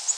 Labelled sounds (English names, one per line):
Orange-crowned Warbler flight call